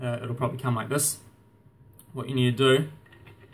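A plastic foregrip for a First Strike Ready C96 kit is handled near a paintball marker body while someone talks, with faint handling ticks around 2.0 s and 3.1–3.3 s. The foregrip has not been pushed on yet, and nothing has seated or clicked.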